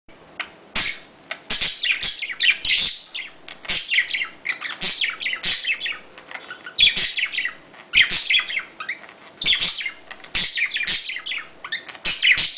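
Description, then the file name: Budgerigar chattering: dense bursts of high, rapid warbles and chirps, broken by brief pauses and sharp clicks, calling almost continuously. "Budgie Sounds"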